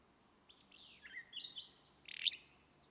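Willow flycatcher, a short harsh burst at the close, preceded by sliding whistled notes over a faint background hiss.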